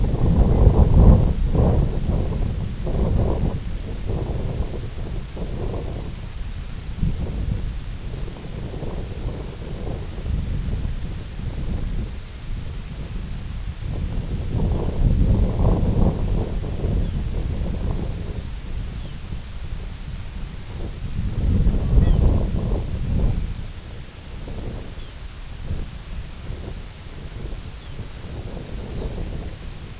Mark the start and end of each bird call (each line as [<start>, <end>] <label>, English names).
[16.05, 16.21] Lapland Longspur
[16.96, 17.29] Lapland Longspur
[18.21, 18.39] Lapland Longspur
[18.91, 19.18] Lapland Longspur
[21.80, 22.13] Long-tailed Duck
[21.98, 22.25] Lapland Longspur
[24.91, 25.18] Lapland Longspur
[27.77, 27.96] Lapland Longspur
[28.79, 29.16] Lapland Longspur